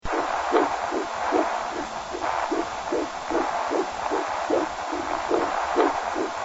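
Rapid, regular whooshing pulses of about 150 beats a minute over a steady background hiss. This is a fetal heartbeat, with a rate in the usual fetal range.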